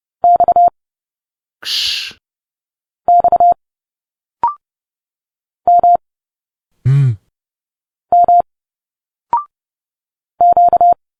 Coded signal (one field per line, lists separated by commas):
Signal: Morse code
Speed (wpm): 30 wpm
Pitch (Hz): 700 Hz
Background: none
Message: X X M M Q